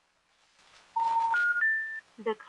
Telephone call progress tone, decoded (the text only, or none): special information tone